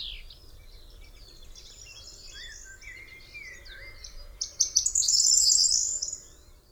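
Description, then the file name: Corn bunting song: a few dry ticks speeding into a bright, jangling, glassy trill near the end, with softer chirps and whistles beforehand. "potrzeszcz"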